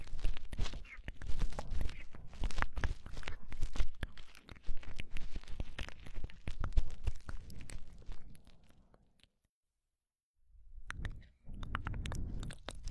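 Crackly scratching and rubbing of ear cleaning and massage, with dense bursts of crunching taps, a near-silent pause around nine to ten seconds, then softer rustling.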